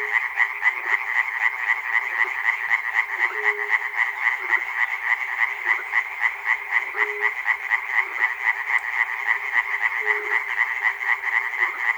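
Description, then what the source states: Frog: a dense chorus of frogs, fast even croaking pulses throughout, with several brief humming tones scattered across it. Recorded at Chernobyl.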